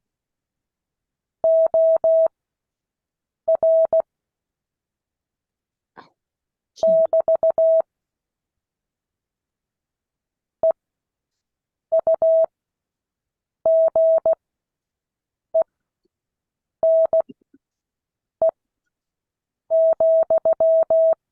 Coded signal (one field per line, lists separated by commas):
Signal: Morse code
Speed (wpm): 16 wpm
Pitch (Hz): 650 Hz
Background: none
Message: OR <BT> EUGENE,